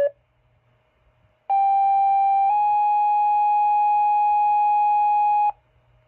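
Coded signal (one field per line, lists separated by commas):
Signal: two-tone page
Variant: Motorola Minitor tone-out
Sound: brief chirp, then a 1-second tone stepping to a 3-second tone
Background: faint low hum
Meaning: Weekly test activation of fire department pagers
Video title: Weekly Fire Pager Test on Motorola Minitor VI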